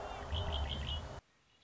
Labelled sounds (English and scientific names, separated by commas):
Red-winged Blackbird (Agelaius phoeniceus)